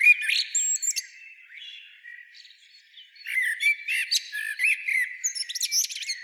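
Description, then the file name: Common blackbird warbling: a short fluty phrase with a high squeak, a quieter stretch, then a longer run of varied whistles and sharp high chirps. "Turdus merula"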